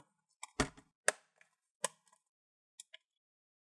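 Remaining gaps along the plastic bottom cover of an Acer Aspire ES 14 laptop are pinched so its clips snap into the chassis. Sharp clicks land at 0.4, 0.6, 1.1, 1.8 and 2.8 seconds, with the loudest at 1.1 seconds and a faint tick just after 2.9 seconds. The cover clips seat into the chassis.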